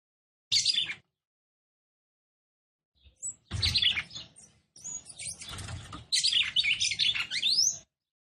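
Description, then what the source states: Red-cowled cardinal song, short bursts of bright chattering and twittering notes, separated by a long pause, ending in a busy warbled phrase. Female song, described as fiery and nervous.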